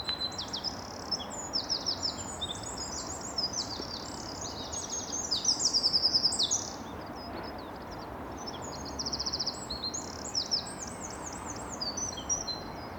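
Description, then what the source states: Eurasian wren song: bursts of high, fast trills and sharp twittering, with a pause mid-way, over constant hiss. At least two wrens singing, with trills.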